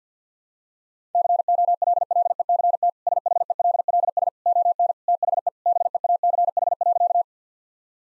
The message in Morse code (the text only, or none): COLLECT SHELLS ON THE BEACH.